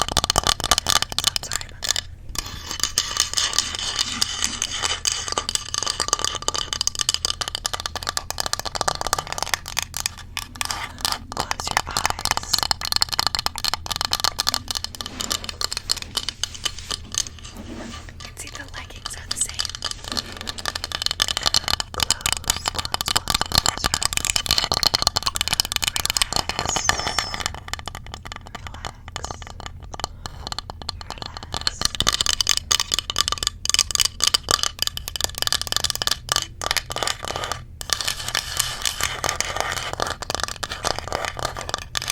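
Fast tapping, crinkling and scratching run almost nonstop, bright and dense, with brief quieter dips near 18 and 27 seconds.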